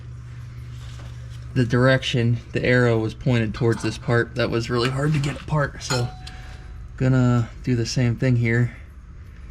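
During a fuel filter replacement on a Ford Crown Victoria P71/P7B Police Interceptor, the fuel line quick-connect coupling is handled near the new inline fuel filter while someone talks. Nothing has seated or clicked yet; the coupling is not yet snapped home.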